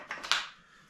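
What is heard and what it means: A part of an Emerge Vortex gaming chair is lined up and pushed into its mount during assembly. Two softer knocks at about 0.1 and 0.2 seconds lead to a sharp, bright impact at 0.3 seconds that fades over the next half second. The part fits and is seated in place.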